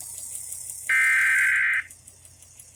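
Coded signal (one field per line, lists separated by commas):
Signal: Emergency Alert System (SAME) tones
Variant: header bursts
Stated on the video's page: NOAA Weather Radio required weekly test alerts, concerning relay on an ENDEC.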